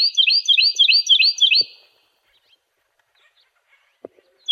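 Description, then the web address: Cactus wren with a raspy, churring run of several quick repeated notes, followed by silence broken only by soft taps, then the start of another note at the very end. "Wrens Kinglets Gnatcatchers AZFO CAWR. deviche"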